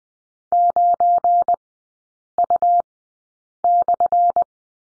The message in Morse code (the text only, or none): 9U/